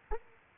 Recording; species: mosquito wingbeat signal from an infrared sensor; Aedes aegypti